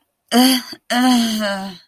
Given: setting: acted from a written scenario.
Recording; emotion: vocal sound without words; disgust